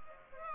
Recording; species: mosquito wingbeat signal from an infrared sensor; Aedes aegypti